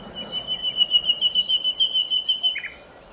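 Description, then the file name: Common nightingale holding a long, thin, pulsing whistled note, ended by a short lower note. "Luscinia megarhynchos"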